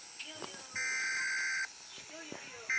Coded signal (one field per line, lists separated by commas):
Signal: Emergency Alert System (SAME) tones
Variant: header bursts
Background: speech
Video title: EAS mock-the Wildcard of nature